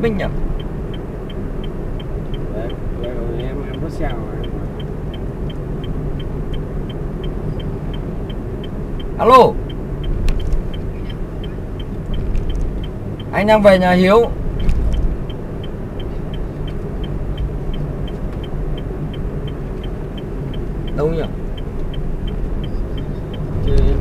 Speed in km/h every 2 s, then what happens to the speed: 42, 42, 42, 40, 39, 37, 40, 42, 43, 43, 42, 43.
0-10 steady at about 40. 10-15 speeds up to 43. 15-24 steady at about 43.